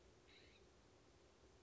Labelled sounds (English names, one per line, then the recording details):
California Scrub-Jay
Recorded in Sonoma County, California